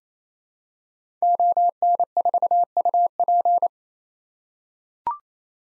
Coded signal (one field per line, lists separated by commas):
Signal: Morse code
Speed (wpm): 28 wpm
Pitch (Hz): 700 Hz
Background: none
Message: ON4UP